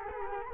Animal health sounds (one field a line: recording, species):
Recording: mosquito wingbeat signal from an infrared sensor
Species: Culex quinquefasciatus